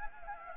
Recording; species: mosquito wingbeat signal from an infrared sensor; Anopheles gambiae